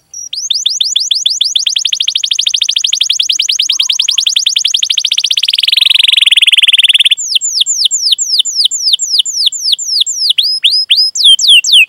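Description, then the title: Atlantic canary song: a high, rapid trill that swells into a dense buzzing roll, then quick downward-sweeping whistled notes. Canary singing energetically (gacor), with its best song phrasing (cengkok) and a rich fill-in repertoire (isian). "Kenari Gacor Cengkok Terbaik Isian Paling Mewah"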